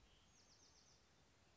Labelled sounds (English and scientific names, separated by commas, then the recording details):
Bewick's Wren (Thryomanes bewickii)
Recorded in Sonoma County, California